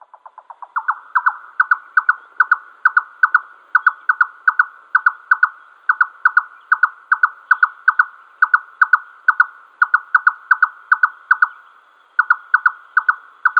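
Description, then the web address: Red-necked nightjar song opening with a few quick, lower notes that speed up, then a long, even run of paired hollow knocks, briefly broken near the end. Male giving display song. "Schulze Peter Red-necked Nightjar male display"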